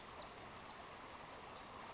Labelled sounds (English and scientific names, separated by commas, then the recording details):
Pacific Wren (Troglodytes pacificus)
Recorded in Sonoma County, California